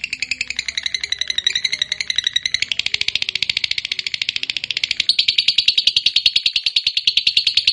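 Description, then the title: Lovebird chattering song: a long, rapid, buzzy trill of high notes pouring out without pause, shifting pitch twice and growing louder near the end. Lovebird described as a fighter bird, singing energetically (gacor). "SUARA Lovebird FIGHTER GACOR"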